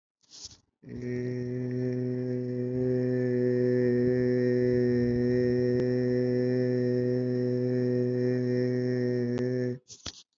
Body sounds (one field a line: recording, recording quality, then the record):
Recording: sustained vowel as in made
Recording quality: excellent, no background noise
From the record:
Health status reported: healthy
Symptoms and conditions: none ticked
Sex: male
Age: 30 years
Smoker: yes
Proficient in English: yes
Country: India